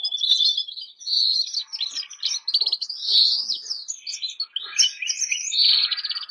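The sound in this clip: Bernois canary: canary song, a continuous bright warble of trills and twittering phrases held high in pitch, with quick chattering runs and no pauses longer than a moment.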